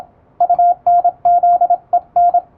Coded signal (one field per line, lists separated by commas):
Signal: Morse code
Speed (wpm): 26 wpm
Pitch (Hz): 700 Hz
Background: radio noise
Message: UNZEN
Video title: モールス信号を打ってみた！エレキーを使うと高速でモールスが打てます！欧文モールス符号を欧文練習帳で打ってみました、YouTubeの再生速度を調整して聴いてみよう morse code practice